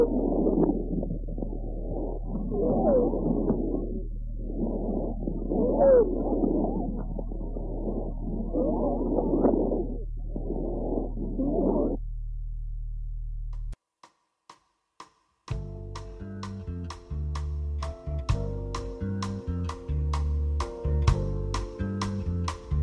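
Loud, rough breath sounds with squeaky wheeze-like tones, abnormal lung sounds in a horse heard through a stethoscope; after a brief silence, music follows.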